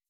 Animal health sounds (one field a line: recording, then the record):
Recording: hydrophone in a shrimp aquaculture tank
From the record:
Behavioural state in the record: weakened